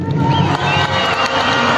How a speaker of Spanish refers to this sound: Y aquí les quiero agradecer. Quiero que me regalen un fuerte aplauso para la Amazonía ecuatoriana.